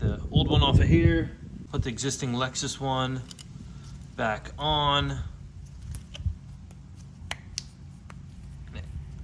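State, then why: Seated. Someone talks while the original metal anti-squeal shim from an old Lexus disc brake pad is removed and snapped onto the backing plate of the new pad to keep the brakes from squeaking. After some quieter handling ticks, two sharp metallic clicks at 7.3 s and 7.6 s mark the shim seating firmly in place.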